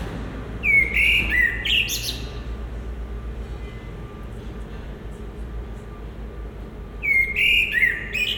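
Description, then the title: Common blackbird delivers two fluted song phrases with squeaky twittering ends, separated by about five seconds of pause over a low steady hum. Recorded at Résidence Sainte-Gertrude, Marolles, Brussels, Belgium, with a Sony PCM-M10 and Luhd PM-01 binaural microphones. "Marolles, 1000 Bruxelles, Belgique - Résidence Sainte-Gertrude - Merle - Blackbird"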